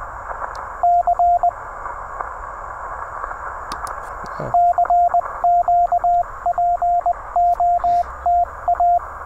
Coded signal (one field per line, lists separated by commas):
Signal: Morse code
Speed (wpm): 20 wpm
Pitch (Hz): 700 Hz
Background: radio noise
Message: C CQ POTA